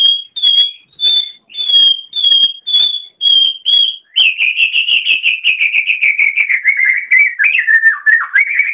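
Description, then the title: Oriental magpie-robin song: eight clear, steady whistled notes about twice a second, then a fast rattling warble that slides gradually lower in pitch. "Kicau Kacer"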